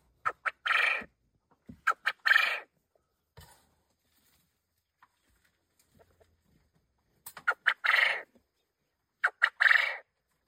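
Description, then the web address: Quail calling: clusters of two or three short clicks followed by a harsh, buzzy burst, repeated in four bouts with quiet stretches between. Recorded at Orotina. "orotina codorniz"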